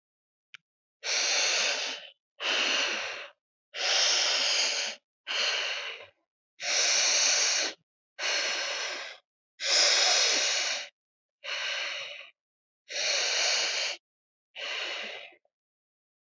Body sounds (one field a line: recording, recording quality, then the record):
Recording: deep breathing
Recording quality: excellent, no background noise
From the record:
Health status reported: healthy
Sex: female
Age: 25 years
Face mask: not worn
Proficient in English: yes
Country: India